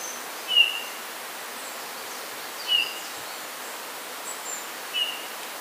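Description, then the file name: Eurasian bullfinch giving three short, soft piped whistles a couple of seconds apart, with faint high chirps from other birds and steady background hiss. "Pyrrhula pyrrhula"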